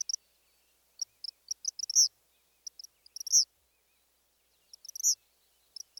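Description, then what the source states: Eastern Kingbird song: very high, sputtering clusters of short sparky notes, some ending in sharp accented peaks, stuttering in irregular bursts with quiet gaps between. High-pitched song with variable notes like electrical sparks jumping between two wires; stuttered quality with punctuated accents; male singer.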